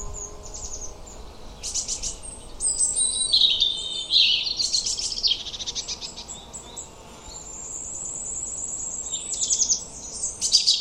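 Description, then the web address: European robin: high, thin warbling bird song in varied phrases with trills. "Deverinetal 2025 File origin Bird Only Er Ru"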